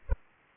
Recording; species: mosquito wingbeat signal from an infrared sensor; Aedes aegypti